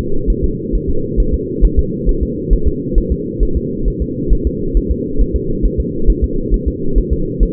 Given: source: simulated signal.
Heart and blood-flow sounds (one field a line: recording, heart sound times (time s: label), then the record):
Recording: fetal heart sounds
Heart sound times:
0.30 s: S1
0.44 s: S2
0.75 s: S1
0.89 s: S2
1.20 s: S1
1.34 s: S2
1.65 s: S1
1.79 s: S2
2.09 s: S1
2.23 s: S2
2.53 s: S1
2.67 s: S2
2.98 s: S1
3.12 s: S2
3.43 s: S1
3.57 s: S2
3.88 s: S1
4.02 s: S2
4.33 s: S1
4.47 s: S2
4.77 s: S1
4.91 s: S2
5.21 s: S1
5.36 s: S2
5.66 s: S1
5.80 s: S2
6.10 s: S1
6.24 s: S2
6.54 s: S1
6.68 s: S2
6.98 s: S1
7.13 s: S2
7.43 s: S1
From the record:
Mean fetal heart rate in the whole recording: 135 bpm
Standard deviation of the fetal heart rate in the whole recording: 3 bpm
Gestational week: 36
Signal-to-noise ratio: -8.1 dB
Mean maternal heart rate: 72 bpm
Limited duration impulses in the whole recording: absent